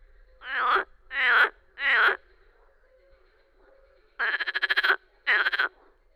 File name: Grenouille rieuse